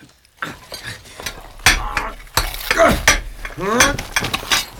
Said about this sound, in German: Hey, was macht ihr da? Wir meißeln ein Luftloch. Wenn ihr eure Rauchbombe hier reinschmeißt, brauchen wir doch Sauerstoff.